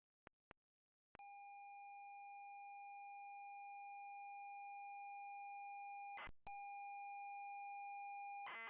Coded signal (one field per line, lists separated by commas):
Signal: ZX Spectrum tape loading